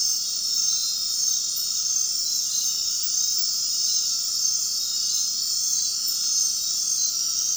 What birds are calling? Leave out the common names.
none